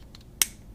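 A cap is pushed back onto the body of a Rhodia Script fountain pen after it first seemed not to snap on. A faint tick comes at 0.15 s, then a sharp, bright snap at 0.4 s that quickly fades. The cap is seated on the pen.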